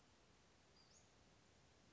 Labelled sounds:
Western Flycatcher (Empidonax difficilis)
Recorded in Sonoma County, California

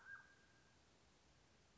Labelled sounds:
Mountain Quail (Oreortyx pictus)
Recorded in Sonoma County, California

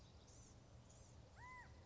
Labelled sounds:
California Quail (Callipepla californica)
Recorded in Sonoma County, California

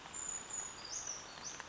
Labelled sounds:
Brown Creeper (Certhia americana)
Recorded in Sonoma County, California

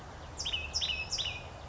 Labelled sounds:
California Towhee (Melozone crissalis)
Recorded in Sonoma County, California

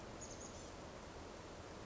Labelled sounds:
Chestnut-backed Chickadee (Poecile rufescens)
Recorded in Sonoma County, California

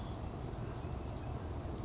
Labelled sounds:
Grasshopper Sparrow (Ammodramus savannarum)
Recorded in Sonoma County, California

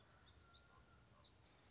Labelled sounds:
Black-throated Gray Warbler (Setophaga nigrescens)
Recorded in Sonoma County, California

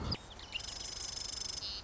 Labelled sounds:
Marsh Wren (Cistothorus palustris)
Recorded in Sonoma County, California

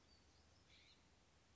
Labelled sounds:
California Scrub-Jay (Aphelocoma californica)
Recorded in Sonoma County, California

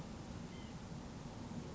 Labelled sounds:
White-breasted Nuthatch (Sitta carolinensis)
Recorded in Sonoma County, California

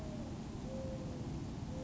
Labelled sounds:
Mourning Dove (Zenaida macroura)
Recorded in Sonoma County, California

